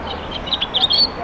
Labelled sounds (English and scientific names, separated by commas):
House Finch (Haemorhous mexicanus) song